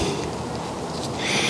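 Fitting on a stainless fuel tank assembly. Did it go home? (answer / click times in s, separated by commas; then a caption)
no / none. A fitting is being handled on a stainless fuel tank assembly, heard as a steady broadband rustle with low rumble and no sharp hit. Nothing has seated or clicked yet.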